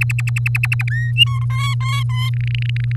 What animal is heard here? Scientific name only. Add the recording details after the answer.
Serinus canaria. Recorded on 8 May 2018 at 06:01. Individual llb16